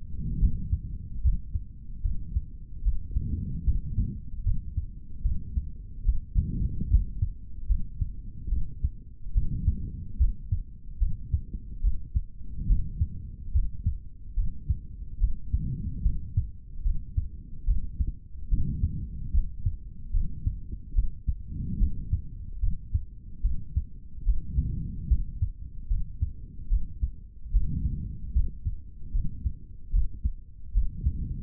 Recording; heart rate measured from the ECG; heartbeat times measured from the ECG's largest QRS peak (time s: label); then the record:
heart sounds by stethoscope; 73 bpm
0.39 s: heartbeat
1.22 s: heartbeat
2.02 s: heartbeat
2.83 s: heartbeat
3.65 s: heartbeat
4.44 s: heartbeat
5.22 s: heartbeat
6.04 s: heartbeat
6.88 s: heartbeat
7.68 s: heartbeat
8.49 s: heartbeat
9.33 s: heartbeat
10.18 s: heartbeat
10.99 s: heartbeat
11.81 s: heartbeat
12.67 s: heartbeat
13.52 s: heartbeat
14.35 s: heartbeat
15.19 s: heartbeat
16.03 s: heartbeat
16.83 s: heartbeat
17.65 s: heartbeat
18.49 s: heartbeat
19.32 s: heartbeat
20.11 s: heartbeat
20.94 s: heartbeat
21.78 s: heartbeat
22.60 s: heartbeat
23.42 s: heartbeat
24.24 s: heartbeat
25.08 s: heartbeat
25.88 s: heartbeat
26.69 s: heartbeat
27.51 s: heartbeat
28.33 s: heartbeat
29.12 s: heartbeat
29.91 s: heartbeat
30.73 s: heartbeat
From the record:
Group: healthy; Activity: rest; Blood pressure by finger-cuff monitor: 124/88 mmHg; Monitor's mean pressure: 99 mmHg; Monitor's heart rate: 73 bpm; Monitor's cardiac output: 3.4 L/min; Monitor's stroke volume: 47 mL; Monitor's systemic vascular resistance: 2150 dyn s/cm5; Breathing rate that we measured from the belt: 20 breaths a minute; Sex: male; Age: 55 years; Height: 167 cm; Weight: 57.2 kg